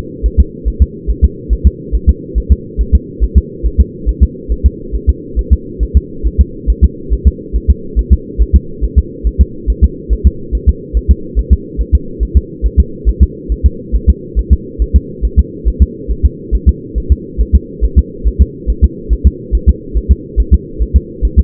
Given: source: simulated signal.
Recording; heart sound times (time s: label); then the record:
fetal heart sounds
0.26 s: S1
0.40 s: S2
0.68 s: S1
0.82 s: S2
1.10 s: S1
1.24 s: S2
1.53 s: S1
1.67 s: S2
1.95 s: S1
2.09 s: S2
2.38 s: S1
2.52 s: S2
2.81 s: S1
2.95 s: S2
3.24 s: S1
3.38 s: S2
3.66 s: S1
3.80 s: S2
4.09 s: S1
4.23 s: S2
4.52 s: S1
4.66 s: S2
4.95 s: S1
5.09 s: S2
5.39 s: S1
5.53 s: S2
5.83 s: S1
5.97 s: S2
6.27 s: S1
6.41 s: S2
6.70 s: S1
6.84 s: S2
7.13 s: S1
7.27 s: S2
7.56 s: S1
7.70 s: S2
7.99 s: S1
8.13 s: S2
8.42 s: S1
8.56 s: S2
8.84 s: S1
8.98 s: S2
9.27 s: S1
9.41 s: S2
9.70 s: S1
9.84 s: S2
10.13 s: S1
10.27 s: S2
10.55 s: S1
10.69 s: S2
10.97 s: S1
11.11 s: S2
11.39 s: S1
11.53 s: S2
11.81 s: S1
11.95 s: S2
12.23 s: S1
12.37 s: S2
12.66 s: S1
12.80 s: S2
13.09 s: S1
13.23 s: S2
13.52 s: S1
13.66 s: S2
13.95 s: S1
14.09 s: S2
14.39 s: S1
14.53 s: S2
14.82 s: S1
14.96 s: S2
15.25 s: S1
15.39 s: S2
15.68 s: S1
15.82 s: S2
16.11 s: S1
16.26 s: S2
16.55 s: S1
16.69 s: S2
16.98 s: S1
17.12 s: S2
17.41 s: S1
17.55 s: S2
17.84 s: S1
17.99 s: S2
18.27 s: S1
18.42 s: S2
18.70 s: S1
18.84 s: S2
19.13 s: S1
19.27 s: S2
19.55 s: S1
19.69 s: S2
19.97 s: S1
20.11 s: S2
20.40 s: S1
20.54 s: S2
20.82 s: S1
20.96 s: S2
21.25 s: S1
21.39 s: S2
From the record:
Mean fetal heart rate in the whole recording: 140 bpm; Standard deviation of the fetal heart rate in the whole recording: 2 bpm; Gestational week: 34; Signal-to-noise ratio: -4.3 dB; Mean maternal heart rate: 72 bpm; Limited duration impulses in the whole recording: absent